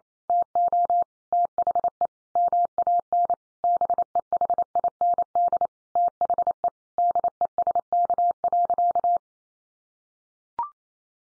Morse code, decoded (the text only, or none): TO THE MAN BEHIND THE DESK.